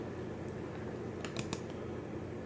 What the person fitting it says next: you can hear the snap